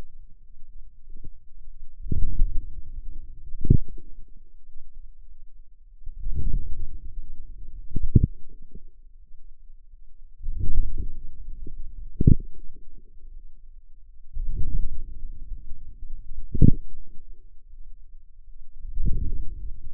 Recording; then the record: forearm muscle sounds (acoustic myography)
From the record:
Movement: outward rotation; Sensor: system 2, bracelet of six BSWA MPA416 microphones around the upper forearm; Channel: 5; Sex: female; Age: 23 years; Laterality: right